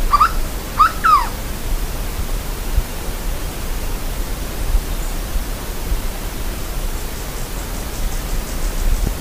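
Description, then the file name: Bird calls: a short rising note, then a doubled arched call, early on, followed by low hissing and rumbling noise for the rest. "SABIOD 50 bird 2015"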